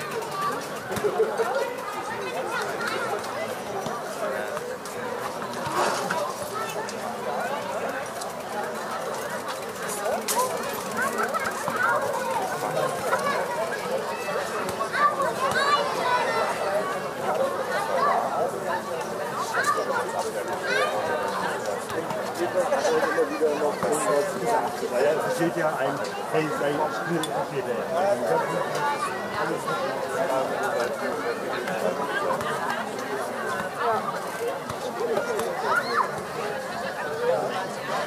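Children and adults chatter and call out at a busy outdoor playground on a summer evening, voices overlapping densely throughout with no pauses. The level stays steady, with occasional brighter shouts and clatters rising from a mid-range crowd murmur.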